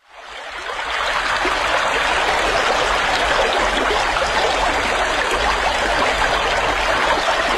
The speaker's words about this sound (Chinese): 跑着跑着，一条小河拦住去路，河水哗哗地流着